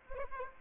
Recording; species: mosquito wingbeat signal from an infrared sensor; Anopheles arabiensis